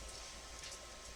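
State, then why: Not seated. A plastic part of a Carisma Coyote RC car's diff/gearbox housing is being worked into its seat by hand. Only a steady, broadband hiss with a low hum is heard, with no distinct clicks. Nothing has seated or clicked yet.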